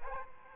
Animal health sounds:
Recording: mosquito wingbeat signal from an infrared sensor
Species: Aedes aegypti

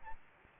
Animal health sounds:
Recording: mosquito wingbeat signal from an infrared sensor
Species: Aedes albopictus

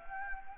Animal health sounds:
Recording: mosquito wingbeat signal from an infrared sensor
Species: Anopheles arabiensis

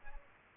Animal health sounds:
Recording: mosquito wingbeat signal from an infrared sensor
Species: Aedes aegypti

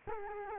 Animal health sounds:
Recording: mosquito wingbeat signal from an infrared sensor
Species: Culex quinquefasciatus

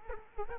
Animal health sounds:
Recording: mosquito wingbeat signal from an infrared sensor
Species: Culex quinquefasciatus

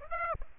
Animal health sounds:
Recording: mosquito wingbeat signal from an infrared sensor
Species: Aedes aegypti

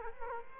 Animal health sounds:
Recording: mosquito wingbeat signal from an infrared sensor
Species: Culex quinquefasciatus

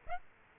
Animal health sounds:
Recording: mosquito wingbeat signal from an infrared sensor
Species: Aedes aegypti

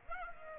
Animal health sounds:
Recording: mosquito wingbeat signal from an infrared sensor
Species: Aedes aegypti

